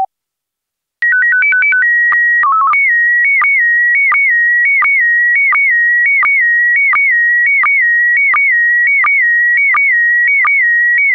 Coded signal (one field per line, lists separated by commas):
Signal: SSTV (slow-scan television)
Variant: PD 90